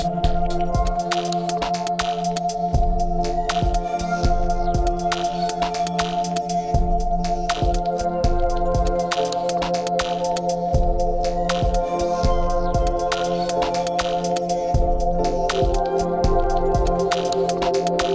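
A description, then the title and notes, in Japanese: A recording from Arashiyama: a steady, unchanging drone of layered low and mid tones runs throughout. Over it, sharp clicks and knocks land irregularly, often several per second, with occasional duller low thumps mixed in. Arashiyama (嵐山 Storm Mountain) is a district on the western outskirts of Kyoto, Japan.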